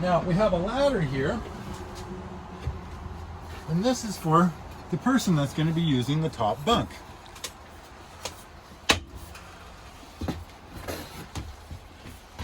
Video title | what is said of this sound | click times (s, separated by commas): Roam Rental Demo | so we got to make sure we got it straight out okay oh yeah you hear it click into place and then up in here | 8.9 s